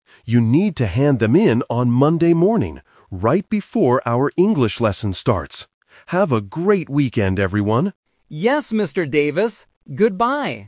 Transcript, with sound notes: You need to hand them in on Monday morning, right before our English lesson starts. Have a great weekend, everyone!
(in unison) Yes, Mr. Davis. Goodbye!